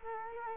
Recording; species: mosquito wingbeat signal from an infrared sensor; Culex quinquefasciatus